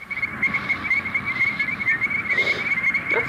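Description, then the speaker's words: Illinois chorus frog calls as a steady series of short high peeping notes, rapidly repeated over about three seconds. Breeds in early spring in flooded fields and water-filled ditches; southeastern corner of Missouri; frog about 1.5 inches long. "The voice of the Illinois chorus frog sounds like this."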